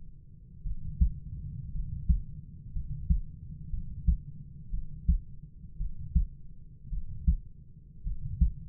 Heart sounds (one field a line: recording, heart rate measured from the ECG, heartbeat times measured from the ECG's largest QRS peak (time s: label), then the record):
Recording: heart sounds by stethoscope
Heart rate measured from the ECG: 57 bpm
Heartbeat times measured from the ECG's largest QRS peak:
0.63 s: heartbeat
1.72 s: heartbeat
2.73 s: heartbeat
3.70 s: heartbeat
4.71 s: heartbeat
5.78 s: heartbeat
6.90 s: heartbeat
8.04 s: heartbeat
From the record:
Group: healthy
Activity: rest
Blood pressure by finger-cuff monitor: 104/52 mmHg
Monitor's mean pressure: 65 mmHg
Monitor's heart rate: 56 bpm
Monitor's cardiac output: 5.3 L/min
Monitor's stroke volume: 91 mL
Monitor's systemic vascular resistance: 870 dyn s/cm5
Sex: male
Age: 25 years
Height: 170 cm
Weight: 70.4 kg